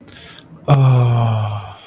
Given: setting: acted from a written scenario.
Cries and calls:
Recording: vocal sound without words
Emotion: ecstasy

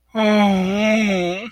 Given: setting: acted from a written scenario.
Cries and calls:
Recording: vocal sound without words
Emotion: sadness

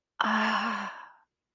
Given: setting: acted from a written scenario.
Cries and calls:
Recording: vocal sound without words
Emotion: romantic love

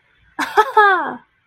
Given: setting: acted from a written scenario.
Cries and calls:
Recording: vocal sound without words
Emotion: pride

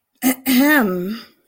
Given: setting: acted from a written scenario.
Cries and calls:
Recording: vocal sound without words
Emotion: contempt

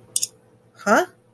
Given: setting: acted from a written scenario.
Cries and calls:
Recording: vocal sound without words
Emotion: confusion

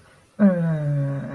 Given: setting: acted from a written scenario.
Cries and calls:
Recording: vocal sound without words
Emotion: neutral

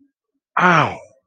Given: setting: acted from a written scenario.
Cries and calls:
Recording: vocal sound without words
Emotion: pain

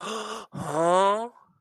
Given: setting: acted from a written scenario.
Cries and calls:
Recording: vocal sound without words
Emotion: amusement

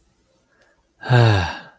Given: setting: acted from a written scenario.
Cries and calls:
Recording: vocal sound without words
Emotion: romantic love

